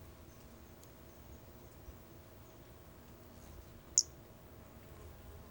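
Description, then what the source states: Brachycephalus albolineatus giving one short, piercing high chirp amid faint scattered high notes and a low continuous hum. Recorded 4 February 2016.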